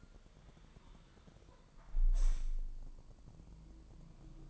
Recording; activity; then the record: daily activity, microphone in the room; close window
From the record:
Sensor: 5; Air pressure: 1000.0 hPa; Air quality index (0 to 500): 247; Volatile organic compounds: 34 ppm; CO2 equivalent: 3037 ppm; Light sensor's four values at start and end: 35/80/32/31 and 34/80/32/30